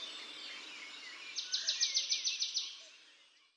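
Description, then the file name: Marsh tit, a clear rattling series of about nine crisp, equally spaced notes, fading at the end, with a soft background bird chorus. "Poecile palustris"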